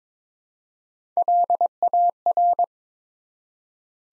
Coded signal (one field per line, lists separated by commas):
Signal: Morse code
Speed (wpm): 22 wpm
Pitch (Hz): 700 Hz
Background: none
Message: LAR